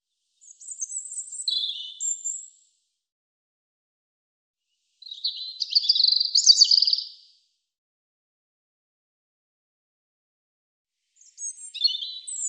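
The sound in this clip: European robin singing three short phrases spaced several seconds apart, sweet high warbles and thin trills shifting in pitch, silence between each phrase.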